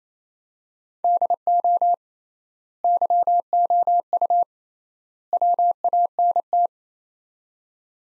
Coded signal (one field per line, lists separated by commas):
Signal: Morse code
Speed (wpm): 28 wpm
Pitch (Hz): 700 Hz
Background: none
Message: DO YOU WANT